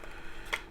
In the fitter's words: they just snap right into place on the sides